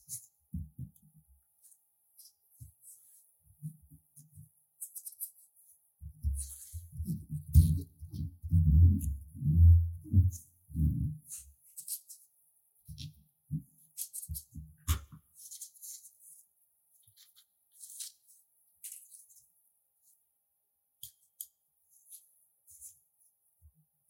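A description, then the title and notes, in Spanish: Intense ear massage with blackhead extraction: muffled, low rubbing and thumping sounds come in scattered bursts, thickest and loudest from about six to eleven seconds. A sharp click lands near fifteen seconds, and a faint steady hiss runs underneath throughout. Extracción de puntos negros y masaje intenso en el oído.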